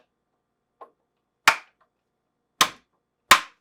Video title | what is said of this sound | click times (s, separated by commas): How to replace Ice Door Latch part # WR11X10031 on your GE Refrigerator | Then, align the cover to the same tabs and press until it snaps back into place. | 1.5 s, 2.6 s, 3.3 s